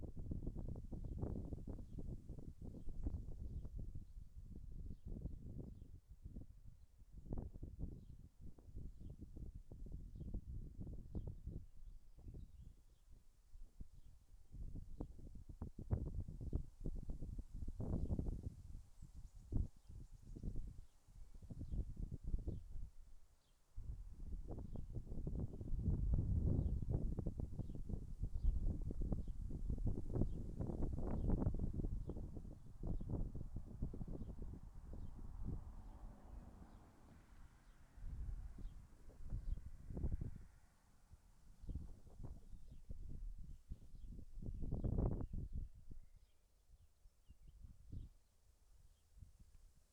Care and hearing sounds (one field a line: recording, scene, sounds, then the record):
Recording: everyday scene through a hearing-aid microphone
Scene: wind on the microphone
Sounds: wind, vehicle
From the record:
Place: in front of a rural house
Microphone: behind the ear, left, rear